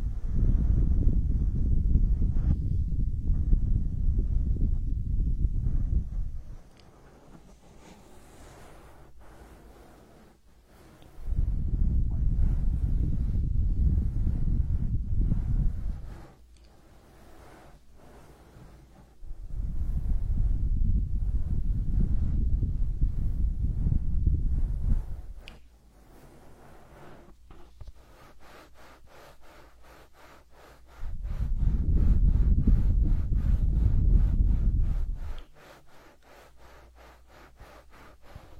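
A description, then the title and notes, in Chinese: Hand massage: four bouts of low, dense rubbing and muffled pressing, at the start, around 11, 19 and 31 seconds, each lasting about five or six seconds. Between them it goes quiet, with faint scattered ticks that become a rapid, regular clicking late on. 手部按摩4（声控助眠）。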